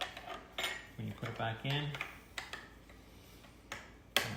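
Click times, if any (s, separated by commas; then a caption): 4.2 s. A metal plate is refitted into the doser of a Nuova Simonelli MCF espresso grinder, its tab pushed into a small slot while someone talks. Light metallic clinks and scrapes lead up to a sharp snap at 4.2 s as the plate pops into place, seated.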